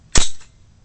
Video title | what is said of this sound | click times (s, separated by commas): Motorcycle Paddock Stand | right there and it just pops right in there it's spring-loaded so you'll hear that and you'll know that | 0.2 s